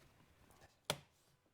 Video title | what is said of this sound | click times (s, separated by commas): 2009-2013 Subaru Forester Front Window Motor Regulator Replacement How To DIY | this in place, snap it in. | 0.9 s